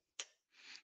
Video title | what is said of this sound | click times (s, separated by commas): Week 20: Get Clean, Sharp, Embroidery Results | All right. And then push in and you're going to hear the click. | 0.2 s